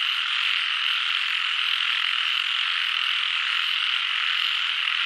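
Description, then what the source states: Frog chorus, a dense continuous trilling wash of many overlapping callers centred high in pitch, steady throughout with no pauses. Frog chorus in Doi Suthep National Park, Thailand.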